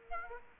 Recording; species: mosquito wingbeat signal from an infrared sensor; Aedes aegypti